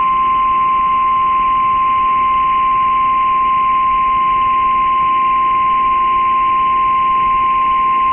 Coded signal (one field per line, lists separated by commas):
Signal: Emergency Alert System (SAME) tones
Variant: 1050 Hz attention tone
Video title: Special Marine Warning (12/25/25) [EAS #330]